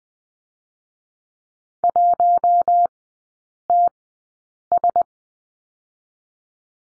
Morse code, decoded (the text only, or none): 1TS